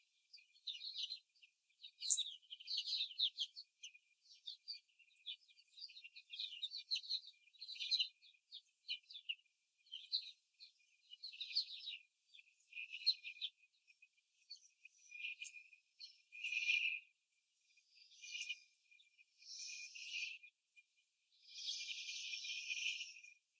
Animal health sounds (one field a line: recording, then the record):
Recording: young laying hens in a cage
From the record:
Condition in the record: before the stressor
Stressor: simulated dog barking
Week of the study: 3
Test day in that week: 2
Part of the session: 2